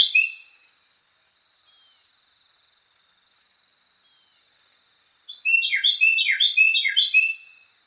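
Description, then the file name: Carolina wren, a short song fragment at the start, then quiet with a faint steady tone, then a full rolling song of rapidly repeated slurred phrases. Song variation 5. "suara-kicauan-burung-carolina-wren-variasi-5-omkicau"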